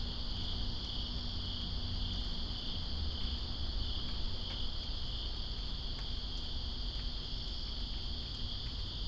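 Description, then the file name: Crickets chirping in a dense, continuous high-pitched chorus, steady throughout, against persistent rain noise and low rumble. Crickets heard in rain, Greensboro, 2 September 2017. "Greensboro Crickets And Rain-2017-09-02"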